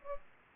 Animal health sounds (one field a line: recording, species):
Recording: mosquito wingbeat signal from an infrared sensor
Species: Aedes aegypti